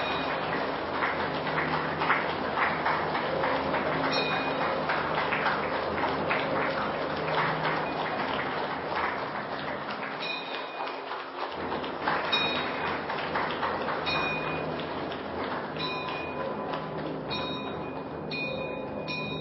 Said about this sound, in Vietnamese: Xin đạo tràng cho một tràng pháo tay để cung đón đại đức giảng sư Quang Lâm.